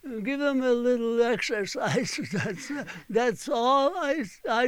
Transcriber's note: he laughs